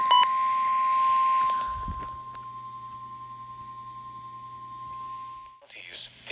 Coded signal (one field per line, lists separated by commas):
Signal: Emergency Alert System (SAME) tones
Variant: 1050 Hz attention tone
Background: speech